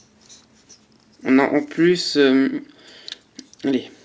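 Someone talks while pushing a plastic limb part into the body of an AOE Voyager Class Grimlock transforming toy figure. A few faint, sharp plastic ticks follow near the end. Nothing has seated or clicked into place yet.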